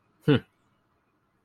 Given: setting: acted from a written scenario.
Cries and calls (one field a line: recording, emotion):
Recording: vocal sound without words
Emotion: neutral